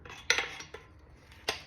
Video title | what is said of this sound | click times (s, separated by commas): Review of the Hawk Helium Saddle Kit | and lock into place. Great. They don't make much noise. | 0.3 s